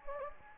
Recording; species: mosquito wingbeat signal from an infrared sensor; Anopheles gambiae